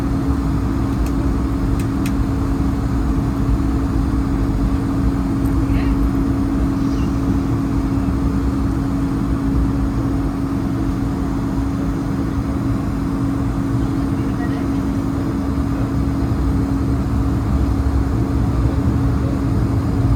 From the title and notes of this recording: Airbus A220 London Heathrow to Düsseldorf (airBaltic). Full flights with all of it's sounds including passenger announcements, service and of course the engines.